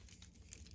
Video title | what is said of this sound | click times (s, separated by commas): Zeta Gundam Ver Ka review Part 2 | Like, I'm not sure if you heard that, there's like a click, but you kind of have to | 0.5 s